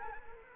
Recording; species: mosquito wingbeat signal from an infrared sensor; Anopheles arabiensis